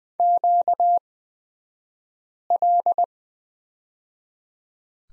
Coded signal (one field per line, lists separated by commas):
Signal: Morse code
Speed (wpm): 20 wpm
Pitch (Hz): 700 Hz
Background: none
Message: QL